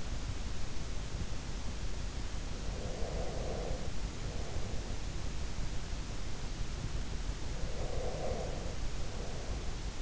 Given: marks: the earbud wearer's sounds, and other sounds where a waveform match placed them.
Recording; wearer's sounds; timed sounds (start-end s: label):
sounds in sleep by an in-ear microphone; breath
2.69-5.22 s: breath
7.62-10.02 s: breath